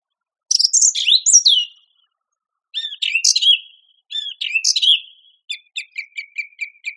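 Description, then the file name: Song thrush song: a complex whistled phrase, a different phrase given twice, then a rapid run of short ticking notes repeated about eight times. "suara-kicauan-burung-song-thrush -omkicau"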